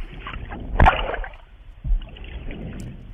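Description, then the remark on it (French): An elephant seal in the Southern Ocean surfacing and breathing: one loud, sharp, breathy blast followed a second later by a softer snort, over a steady wash of lapping, gurgling water. No one speaks. “Oui, là, l'éléphant est remonté à la surface, donc. Et si vous tendez bien l'oreille, vous pouvez entendre sa respiration.”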